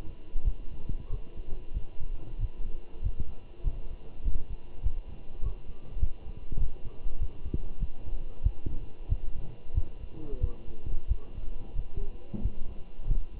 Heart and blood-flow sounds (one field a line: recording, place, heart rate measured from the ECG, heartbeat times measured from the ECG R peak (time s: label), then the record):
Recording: heart sounds by stethoscope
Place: between the tricuspid and mitral areas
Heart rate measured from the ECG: 95 bpm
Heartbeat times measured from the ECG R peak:
0.45 s: heartbeat
1.11 s: heartbeat
1.75 s: heartbeat
2.40 s: heartbeat
3.03 s: heartbeat
3.64 s: heartbeat
4.25 s: heartbeat
4.83 s: heartbeat
5.42 s: heartbeat
6.00 s: heartbeat
6.59 s: heartbeat
7.20 s: heartbeat
7.81 s: heartbeat
8.44 s: heartbeat
9.09 s: heartbeat
9.75 s: heartbeat
10.41 s: heartbeat
11.09 s: heartbeat
11.76 s: heartbeat
12.42 s: heartbeat
13.08 s: heartbeat
From the record:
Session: walking at 3.7 km/h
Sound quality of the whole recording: good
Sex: male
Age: 23 years